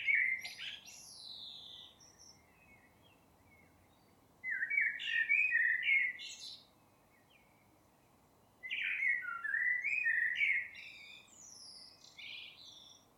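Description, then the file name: Eurasian blackbird song: three phrases a few seconds apart, the first cut short, fluty warbles mixed with scratchy high twitters. "Turdus merula"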